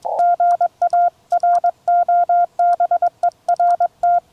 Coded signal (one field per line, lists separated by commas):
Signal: Morse code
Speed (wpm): 21 wpm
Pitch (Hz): 700 Hz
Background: none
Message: GA ROBERT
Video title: Spooltenna EFHW First Test—Wind, DX, 100 QSOs (POTA)